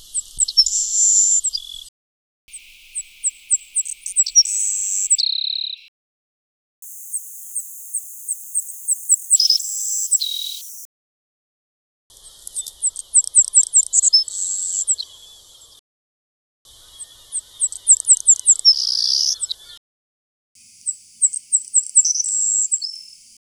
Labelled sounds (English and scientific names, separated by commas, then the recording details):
Savannah Sparrow (Passerculus sandwichensis) song
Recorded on Kent Island, New Brunswick, in 2005